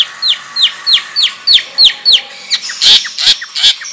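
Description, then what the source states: Long-tailed shrike song: a fast series of repeated downslurred chirps, about three per second, then louder harsh scratchy bursts. Song in the Indonesian 'ngerol panjang' style, a long continuous rolling song; bird described as gacor, singing profusely.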